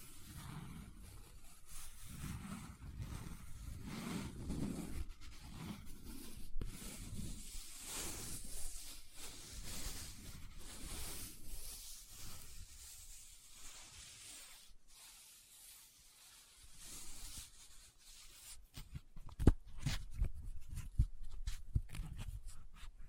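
Paper is rubbed and scratched in a dense, continuous rustle, quieter around fifteen seconds, then sharper crinkles and snaps cluster near the end.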